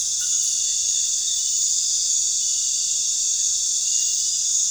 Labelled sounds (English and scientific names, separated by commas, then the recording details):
none
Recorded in pastures near Puerto Asís, Putumayo, Colombia, on 22 June 2025 at 19:00
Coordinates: 0.466, -76.322
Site GP07